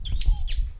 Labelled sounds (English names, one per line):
Stitchbird song